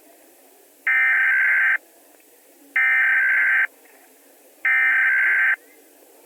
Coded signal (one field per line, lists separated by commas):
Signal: Emergency Alert System (SAME) tones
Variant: header bursts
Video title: EAS Alert for Dillon County - DILLON COUNTY VHS